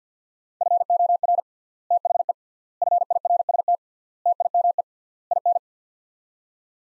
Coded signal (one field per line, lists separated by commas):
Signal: Morse code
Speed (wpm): 50 wpm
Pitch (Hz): 700 Hz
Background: none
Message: FOR THE FIRST TIME IN